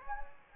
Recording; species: mosquito wingbeat signal from an infrared sensor; Anopheles gambiae